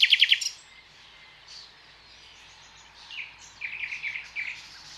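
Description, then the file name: Common nightingale song begins with a loud, rapid trill, falls quiet, then resumes with a series of short, repeated notes. "Luscinia megarhynchos"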